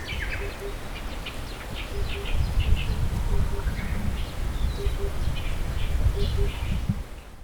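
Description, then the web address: Oriental cuckoo song: low, hollow paired hoots, po-po, repeated about every one and a half seconds, over a rumbling background with other birds chirping higher up. "bird song tutudori"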